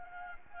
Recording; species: mosquito wingbeat signal from an infrared sensor; Anopheles gambiae